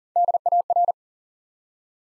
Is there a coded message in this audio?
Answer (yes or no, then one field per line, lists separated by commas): yes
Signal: Morse code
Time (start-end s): 0.2-0.9 s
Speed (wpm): 40 wpm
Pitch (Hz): 700 Hz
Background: none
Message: DAR